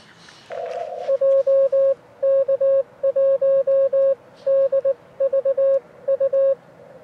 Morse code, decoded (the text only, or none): JK1DVU